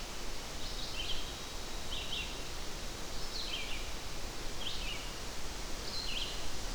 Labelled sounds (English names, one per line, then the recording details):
Red-eyed Vireo song
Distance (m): 45 m
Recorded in boreal forest in Alberta, Canada, on 12 June 2016 at 06:37
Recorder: SongMeter 3, array SBT-3-18
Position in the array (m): 237 m, 101 m